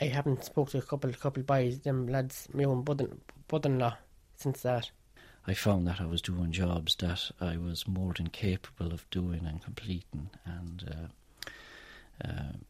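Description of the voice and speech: An adult man speaks in a low voice with stammering moments: a repeated word ('couple, couple'), a stalled start on 'brother', and drawn-out 'and' sounds before a long pause. These are the repetitions, blocks and prolongations of stuttering, here fairly mild.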